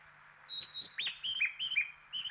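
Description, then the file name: Japanese bush warbler song: two high clear whistles, then a run of quick slurred notes, each a bright high note dropping into a lower hooked one, repeated steadily over a soft hiss. "uguisu"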